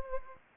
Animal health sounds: mosquito wingbeat signal from an infrared sensor; Anopheles gambiae

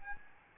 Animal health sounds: mosquito wingbeat signal from an infrared sensor; Aedes albopictus

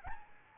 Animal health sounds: mosquito wingbeat signal from an infrared sensor; Aedes albopictus

